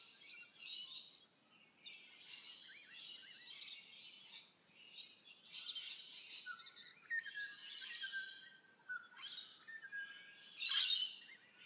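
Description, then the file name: Bird twittering in a steady, scratchy chatter with brief lower whistles, then one loud, sharp burst near the end. "Tweets"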